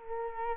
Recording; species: mosquito wingbeat signal from an infrared sensor; Culex quinquefasciatus